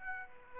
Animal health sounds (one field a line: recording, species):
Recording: mosquito wingbeat signal from an infrared sensor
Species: Aedes aegypti